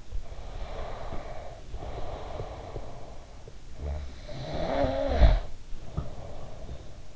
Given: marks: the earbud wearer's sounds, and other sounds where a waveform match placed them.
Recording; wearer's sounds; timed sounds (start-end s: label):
sounds in sleep by an in-ear microphone; breath, snoring breath
0.15-3.54 s: breath
3.83-7.16 s: snoring breath